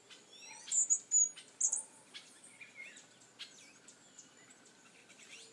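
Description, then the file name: Hummingbird uttering piercing high chips in a quick run early on, followed by fainter scattered notes over a quiet background. "Colibri"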